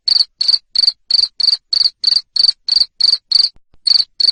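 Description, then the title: Cricket chirping, loud shrill high-pitched pulses repeated about three times a second, steady except for one short pause near the end. Loud cricket chirping played to stimulate lovebirds into singing continuously. "Suara JANGKRIK NGERIK Keras Bikin LOVEBIRD Jadi NGEKEK Terus Vubey"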